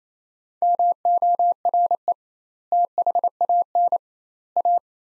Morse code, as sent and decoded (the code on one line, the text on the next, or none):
-- --- .-. . / - .... .- -. / .-
MORE THAN A